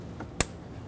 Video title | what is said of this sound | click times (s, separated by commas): How to Replace Idle Air Control Valve 2000-2007 Ford Taurus 3.0L V6 | Once you hear that click, you know you're in. | 0.4 s